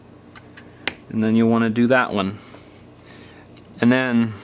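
On an iPhone 5, the middle display flex cable connector is pressed by finger onto its socket on the logic board, and it snaps into place with a sharp click at 0.9 s. Two faint ticks come just before, at 0.4 and 0.6 s. Someone then talks.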